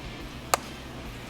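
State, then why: Partly seated. A magnetic wireless charging puck is snapped onto the back of a phone, giving a single short clack at 0.5 seconds over a quiet background. It sticks, but the clack is weaker, linked to a failed connection, and the phone is not charging.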